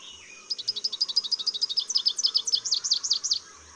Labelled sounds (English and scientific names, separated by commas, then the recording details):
Rufous-capped Warbler (Basileuterus rufifrons) song
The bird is a male
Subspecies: salvini
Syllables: 33
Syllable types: 6
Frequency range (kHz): 3.0-8.7 kHz
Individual VN-BBS-M